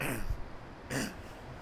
Coughing.